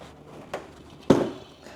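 A red activator cap is pressed hard onto the nipple at the bottom of a 2K clear coat aerosol can. A faint tap at 0.5 s is followed by a sharp snap at 1.1 s as the cap seats and punctures the catalyst bladder, activating the clear coat. No one talks.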